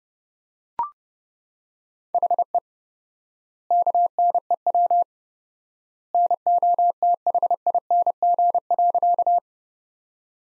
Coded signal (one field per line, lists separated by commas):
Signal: Morse code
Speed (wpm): 30 wpm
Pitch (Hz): 700 Hz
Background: none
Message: HE KNEW NOTHING.